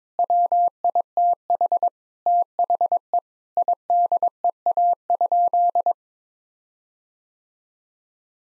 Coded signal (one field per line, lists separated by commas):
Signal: Morse code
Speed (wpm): 22 wpm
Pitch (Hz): 700 Hz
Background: none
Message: WITH THE IDEA?